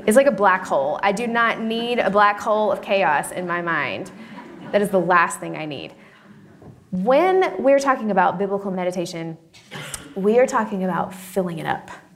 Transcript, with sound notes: It’s like a black hole. I do not need a black hole of chaos in my mind. (laughter) That is the last thing I need. When we’re talking about biblical meditation, we are talking about filling up